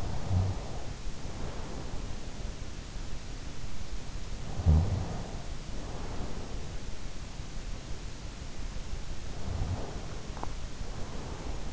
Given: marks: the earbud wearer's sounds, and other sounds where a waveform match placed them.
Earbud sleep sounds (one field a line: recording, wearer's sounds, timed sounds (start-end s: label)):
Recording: sounds in sleep by an in-ear microphone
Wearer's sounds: snoring breath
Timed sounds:
0.00-2.16 s: snoring breath
4.22-7.01 s: snoring breath
8.99-11.72 s: snoring breath